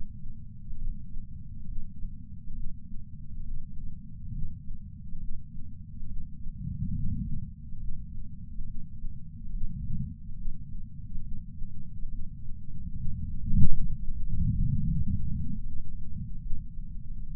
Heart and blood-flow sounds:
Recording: heart sounds by patch sensor on the chest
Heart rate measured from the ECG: 69 bpm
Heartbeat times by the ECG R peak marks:
0.77 s: heartbeat
1.65 s: heartbeat
2.53 s: heartbeat
3.43 s: heartbeat
4.31 s: heartbeat
5.18 s: heartbeat
6.06 s: heartbeat
6.93 s: heartbeat
7.78 s: heartbeat
8.64 s: heartbeat
9.50 s: heartbeat
10.35 s: heartbeat
11.21 s: heartbeat
12.08 s: heartbeat
12.94 s: heartbeat
13.80 s: heartbeat
14.66 s: heartbeat
15.53 s: heartbeat
16.40 s: heartbeat
17.28 s: heartbeat
From the record:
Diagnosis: coronary artery disease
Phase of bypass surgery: preoperative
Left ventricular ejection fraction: 49.7%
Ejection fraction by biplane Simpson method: 49.4%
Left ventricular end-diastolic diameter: 55 mm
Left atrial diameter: 34 mm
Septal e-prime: 3.2 cm/s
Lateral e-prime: 4.4 cm/s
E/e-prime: 15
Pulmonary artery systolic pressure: 25 mmHg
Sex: female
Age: 70 years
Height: 152 cm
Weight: 65 kg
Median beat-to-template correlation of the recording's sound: 0.92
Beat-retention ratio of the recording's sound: 0.97

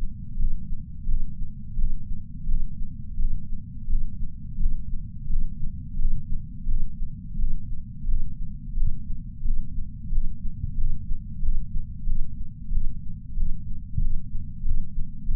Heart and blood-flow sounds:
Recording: heart sounds by patch sensor on the chest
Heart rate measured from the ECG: 89 bpm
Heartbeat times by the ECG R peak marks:
0.39 s: heartbeat
1.09 s: heartbeat
1.79 s: heartbeat
2.49 s: heartbeat
3.19 s: heartbeat
3.90 s: heartbeat
4.60 s: heartbeat
5.30 s: heartbeat
5.99 s: heartbeat
6.69 s: heartbeat
7.39 s: heartbeat
8.08 s: heartbeat
8.77 s: heartbeat
9.45 s: heartbeat
10.12 s: heartbeat
10.78 s: heartbeat
11.43 s: heartbeat
12.07 s: heartbeat
12.72 s: heartbeat
13.37 s: heartbeat
14.02 s: heartbeat
14.65 s: heartbeat
15.29 s: heartbeat
From the record:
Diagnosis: coronary artery disease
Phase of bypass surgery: preoperative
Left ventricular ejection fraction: 64.4%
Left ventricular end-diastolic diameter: 43 mm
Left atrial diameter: 35 mm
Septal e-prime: 6.9 cm/s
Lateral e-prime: 11.4 cm/s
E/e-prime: 9.7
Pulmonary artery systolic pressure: 22 mmHg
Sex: female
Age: 58 years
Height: 155 cm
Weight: 55 kg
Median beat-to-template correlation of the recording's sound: 0.95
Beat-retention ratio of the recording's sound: 0.99

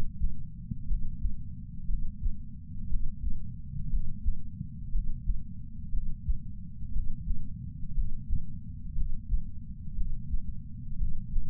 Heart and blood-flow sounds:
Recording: heart sounds by patch sensor on the chest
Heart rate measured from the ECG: 59 bpm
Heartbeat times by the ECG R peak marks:
0.89 s: heartbeat
1.88 s: heartbeat
2.89 s: heartbeat
3.92 s: heartbeat
4.93 s: heartbeat
5.92 s: heartbeat
6.93 s: heartbeat
7.96 s: heartbeat
8.96 s: heartbeat
9.96 s: heartbeat
10.99 s: heartbeat
From the record:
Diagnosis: coronary artery disease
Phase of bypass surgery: preoperative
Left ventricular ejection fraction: 41.8%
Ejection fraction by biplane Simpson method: 39%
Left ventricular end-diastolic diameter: 62 mm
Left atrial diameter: 43 mm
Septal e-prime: 3 cm/s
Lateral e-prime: 8 cm/s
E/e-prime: 13.6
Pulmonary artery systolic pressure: 41 mmHg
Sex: male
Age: 69 years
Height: 165 cm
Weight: 60 kg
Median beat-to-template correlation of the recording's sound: 0.79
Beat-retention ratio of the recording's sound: 0.99

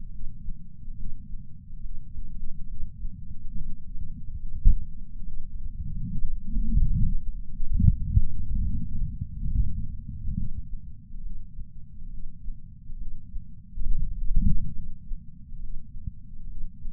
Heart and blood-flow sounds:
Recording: heart sounds by patch sensor on the chest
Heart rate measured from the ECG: 70 bpm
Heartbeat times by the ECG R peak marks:
0.95 s: heartbeat
1.80 s: heartbeat
2.66 s: heartbeat
3.52 s: heartbeat
4.37 s: heartbeat
5.23 s: heartbeat
6.07 s: heartbeat
6.91 s: heartbeat
7.77 s: heartbeat
8.61 s: heartbeat
9.48 s: heartbeat
10.34 s: heartbeat
11.21 s: heartbeat
12.09 s: heartbeat
12.97 s: heartbeat
13.86 s: heartbeat
14.72 s: heartbeat
15.59 s: heartbeat
16.47 s: heartbeat
From the record:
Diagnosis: coronary artery disease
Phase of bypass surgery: preoperative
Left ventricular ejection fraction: 52.3%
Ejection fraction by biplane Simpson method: 38%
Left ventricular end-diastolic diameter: 62 mm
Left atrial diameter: 45 mm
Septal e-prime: 4 cm/s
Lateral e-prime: 7 cm/s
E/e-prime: 12.2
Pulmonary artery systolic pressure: 24 mmHg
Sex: male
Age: 61 years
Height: 174 cm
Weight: 80 kg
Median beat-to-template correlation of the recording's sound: 0.91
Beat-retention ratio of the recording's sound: 0.97

